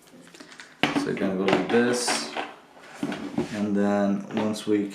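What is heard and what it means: A notched plastic support bracket is pressed and released into the frame of a Keter 197283 folding table work bench, which serves as a miter saw stand. After a few faint ticks, a sharp, loud hit at 0.8 s marks the bracket locking into place. Someone talks throughout.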